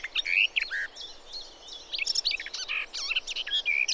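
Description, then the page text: Garden warbler song: continuous warbling of quick, varied whistled and chattering notes against a steady background hiss. "Голоса живой природы(Tony Whitehead) - Славка садовая. Tony Whitehead - Садовая славка (Sylvia borin)"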